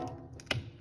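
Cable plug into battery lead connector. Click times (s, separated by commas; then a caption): 0.4 s, 0.5 s. Two halves of a plastic battery cable connector for a traffic light, a cable plug into a battery lead connector, are pushed together until they latch. A faint click at 0.4 s is followed by a sharper, louder click at 0.5 s as the connector seats. The connector is confirmed fully seated.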